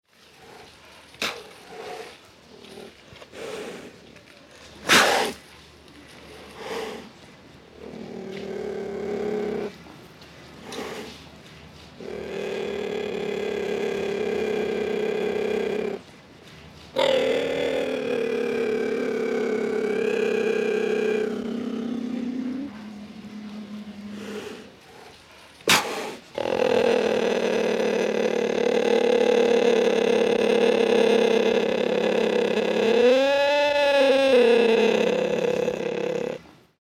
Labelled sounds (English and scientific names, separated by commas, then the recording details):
Cheetah (Acinonyx jubatus)
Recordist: Tembrock, Günter
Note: Männchen und 2 Weibchen: Knurren und Vorstoßen